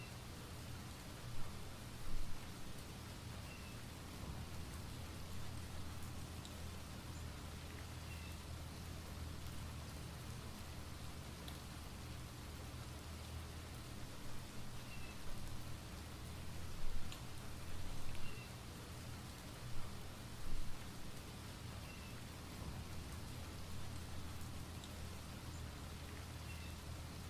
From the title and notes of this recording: Rain & Thunder. The sound of a soft rainfall with thunder rolling off in the distance. If you listen closely, you can even hear a few birds chirping in the rain.